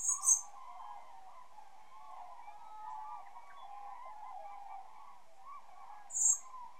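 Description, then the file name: Common blackbird calling with thin, very high seee notes, a quick pair at the start and another near the end, against a constant low hum. "Turdus merula"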